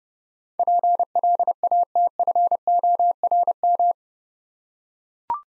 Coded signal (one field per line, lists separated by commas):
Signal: Morse code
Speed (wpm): 30 wpm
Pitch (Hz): 700 Hz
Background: none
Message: PLATFORM